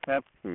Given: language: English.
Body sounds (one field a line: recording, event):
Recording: throat vibration sensor signal played as sound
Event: speech